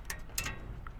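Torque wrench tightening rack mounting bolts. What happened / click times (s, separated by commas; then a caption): The preset torque wrench clicked at its set torque / 0.4 s. A preset torque wrench tightens a second set of mounting bolts on a VelociRAX MAX rack. Sharp, short clicks sound over a low background rumble at about 0.1 s, 0.4 s and 1.0 s. The wrench clicks at 0.4 s, confirming the bolt has reached its preset torque.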